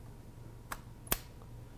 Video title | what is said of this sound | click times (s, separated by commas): C100 Setup Tutorial | So all you got to do first, if you want to get the battery in, you're going to pop it in this way. You're going to hear a little click. | 0.7 s, 1.1 s